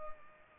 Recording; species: mosquito wingbeat signal from an infrared sensor; Culex pipiens